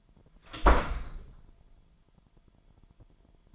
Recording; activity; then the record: daily activity, microphone in the room; close door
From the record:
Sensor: 5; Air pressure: 998.5 hPa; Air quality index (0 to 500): 82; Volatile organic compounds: 1 ppm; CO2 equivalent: 932 ppm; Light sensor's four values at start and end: 33/80/33/36 and 33/80/33/36